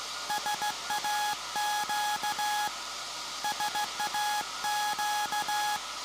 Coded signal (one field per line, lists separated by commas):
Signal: Morse code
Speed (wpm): 15 wpm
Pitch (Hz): 840 Hz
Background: none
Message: SAQ SAQ